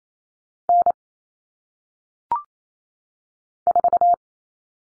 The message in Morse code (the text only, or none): N 4